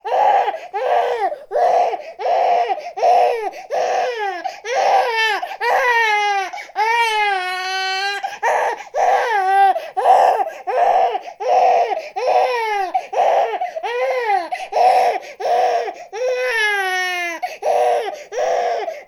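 A baby cries in steady, rhythmic bursts, about 80 short wails a minute, with a few longer rising and falling wails in between. The cries are strong and clear in a quiet small room. This is ordinary infant crying.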